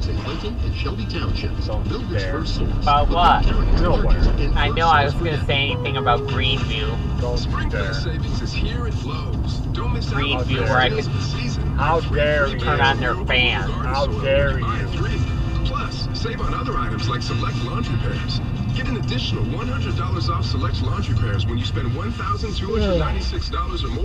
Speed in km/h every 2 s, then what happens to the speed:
32, 44, 47, 47, 45, 48, 47, 44, 44, 40, 32, 19.
0-4 speeds up to 47. 4-11 steady at about 47. 11-22 slows to 19.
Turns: none.